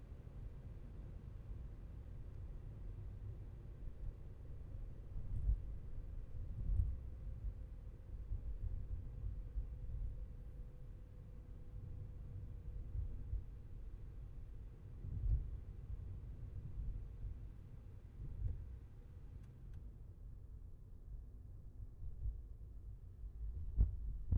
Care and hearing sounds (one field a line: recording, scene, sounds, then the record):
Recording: everyday scene through a hearing-aid microphone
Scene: in a vehicle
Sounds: engine, highway traffic jam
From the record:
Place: Skoda Fabia, gasoline engine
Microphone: behind the ear, left, rear